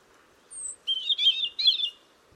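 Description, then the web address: European robin song: a thin high whistle followed by three bursts of rapid, warbling twittering notes, over a faint low background hum. "Deverinetal 2025 File origin Bird Only Er Ru"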